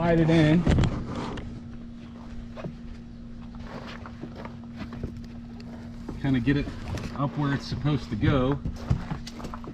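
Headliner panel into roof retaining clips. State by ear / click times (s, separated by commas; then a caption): partly seated / 9.3 s, 9.5 s. A headliner panel in a Chevy Silverado truck is slid up into the roof and pushed into its retaining clips while someone talks over a steady low hum and scattered light knocks. Snaps come at 9.3 s and 9.5 s, but the panel seems only partly seated, and it is unclear whether it went fully home.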